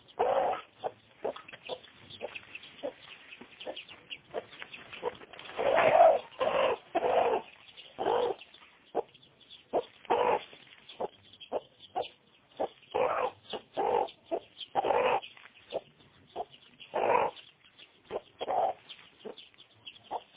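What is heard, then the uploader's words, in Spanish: Domestic animal sounds: a steady run of short, mid-pitched calls or barks repeating every half second or so for the whole twenty seconds. Louder bursts cluster around six to eight seconds and again near fifteen and seventeen seconds. The sound is dull, lacking any high treble. Sonidos de animales domésticos nativos de la región de la vereda soatama.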